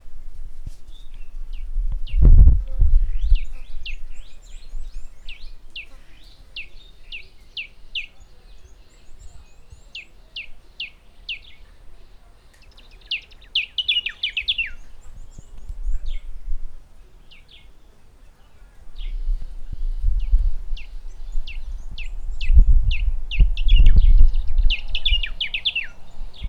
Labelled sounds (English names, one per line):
Moustached Grass-warbler